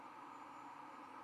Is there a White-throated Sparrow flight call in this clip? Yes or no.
no